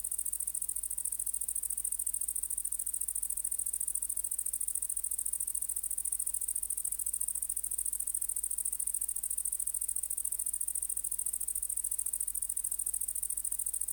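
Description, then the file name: Great green bush-cricket singing a continuous, piercing high buzz made of fast even pulses, sustained throughout against a quiet low background hum. "Tettigonia viridissima"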